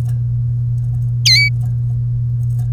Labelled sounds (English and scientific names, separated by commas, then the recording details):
Domestic Canary (Serinus canaria) song
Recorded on 3 May 2018 at 13:42
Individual llb3